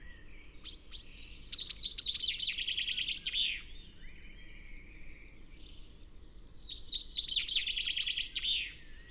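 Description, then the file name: Eurasian blue tit giving two bursts of thin high notes, each running into a dry buzzy churr, separated by a quiet pause of about three seconds. "Cyanistes caeruleus"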